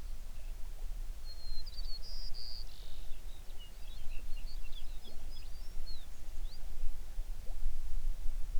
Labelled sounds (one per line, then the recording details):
songbird
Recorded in the Prudhoe Bay oil fields, Alaska, on 11 June 2019 at 05:02
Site 21